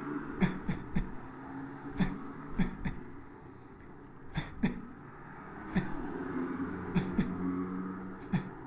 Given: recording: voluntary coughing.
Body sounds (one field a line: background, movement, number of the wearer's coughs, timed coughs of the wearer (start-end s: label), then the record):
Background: traffic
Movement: sitting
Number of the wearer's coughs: 12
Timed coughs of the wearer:
0.38-0.66 s: cough
0.66-0.86 s: cough
0.93-1.10 s: cough
1.97-2.23 s: cough
2.56-2.84 s: cough
2.83-3.02 s: cough
4.35-4.59 s: cough
4.60-4.83 s: cough
5.73-6.02 s: cough
6.93-7.12 s: cough
7.15-7.33 s: cough
8.30-8.58 s: cough
From the record:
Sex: male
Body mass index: 23.7 kg/m2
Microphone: on the chest, facing the body